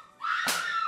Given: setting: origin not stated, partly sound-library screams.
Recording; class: one-second piece from a danger detection set; woman in danger